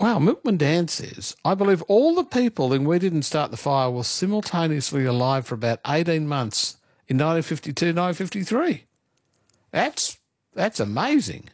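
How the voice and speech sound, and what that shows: An adult man reads out a listener's trivia remark in clear, fluent speech with ordinary voice and brief pauses.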